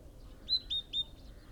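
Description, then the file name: Great tit call: three quick, clear, high notes in a row, each with a brief downward slur, against a quiet background. "Parus major"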